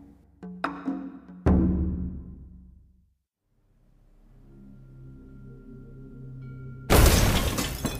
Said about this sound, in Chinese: 砰的一声，铜鼎中的咸菜坛子终于在不尽的煎熬中粉碎啊。